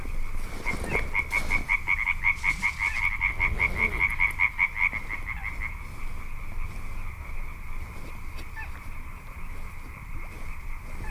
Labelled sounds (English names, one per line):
Little Crake